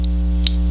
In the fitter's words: there's one click